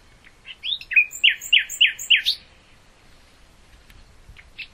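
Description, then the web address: Common nightingale song: a few soft lead-in notes followed by several loud, evenly repeated rich notes, then faint single notes. "hoeren nachtigall"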